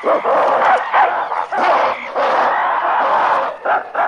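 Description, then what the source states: Ape screaming, a harsh, loud, continuous raspy outburst with brief breaks near the end, rising and falling in intensity throughout. Apes screaming and growling angrily in a long sequence.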